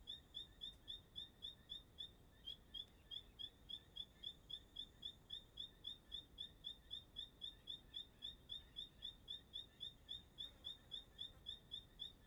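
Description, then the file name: Bird song, a cricket-like high chirp repeated steadily about four times a second, with low background rumble throughout. Recorded at dusk in Chapada dos Veadeiros park; the bird sings like a cricket. "Entardecer no Parque da Chapada dos Veadeiros com passaro cantando como um grilo"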